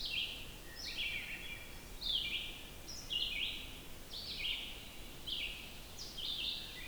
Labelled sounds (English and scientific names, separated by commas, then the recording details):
Red-eyed Vireo (Vireo olivaceus) song
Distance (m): 40 m
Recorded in boreal forest in Alberta, Canada, on 14 June 2016 at 06:37
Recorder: SongMeter 3, array SBT-3-33
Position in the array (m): 152 m, 184 m